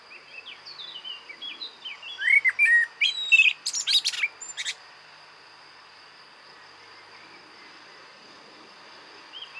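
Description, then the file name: Common blackbird singing a run of softer fluted warbling notes that breaks into several loud, high, scratchy twitters, then silence with a constant high tone beneath. "Turdus merula"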